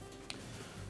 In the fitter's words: keeping the wire harness towards the front I'll hook it in and then press down on the back of it until it snaps into place